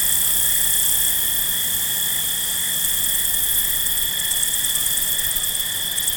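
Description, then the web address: Field crickets singing as a continuous chorus, an even, ringing wash of high sound. Field crickets at night. "Dr Sound Effects. Field Crickets At Night"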